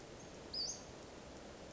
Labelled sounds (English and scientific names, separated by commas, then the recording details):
Western Flycatcher (Empidonax difficilis)
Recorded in Sonoma County, California